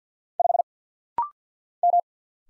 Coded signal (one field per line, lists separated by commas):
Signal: Morse code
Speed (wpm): 50 wpm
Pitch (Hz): 700 Hz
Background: none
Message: 5 M